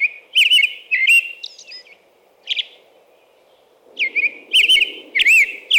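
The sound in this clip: American robin song: looping whistled phrases with high shrill notes, a quiet gap, then further loud warbled phrases, low hum throughout.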